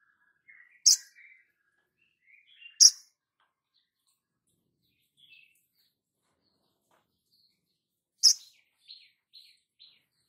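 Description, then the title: Spiderhunter uttering a few scattered sharp high chips and soft thin twitters, separated by long quiet gaps. Labaik variant, from a masteran (cage-bird training) recording. "Sogok Ontong Labaik"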